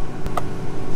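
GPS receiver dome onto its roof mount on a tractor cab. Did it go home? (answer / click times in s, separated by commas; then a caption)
yes / 0.3 s, 0.4 s. A rigid dome-shaped GPS receiver is pushed down onto its mounting bracket on a tractor cab roof, giving two short, sharp clicks at 0.3 s and 0.4 s, with the second one louder. The dome is seated on its mount.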